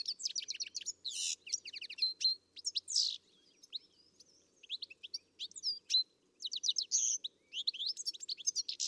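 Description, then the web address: Bird song: rapid high twittering and chirps in bursts, fast notes and short trills repeated with brief pauses. "Deverinetal. Bird Only"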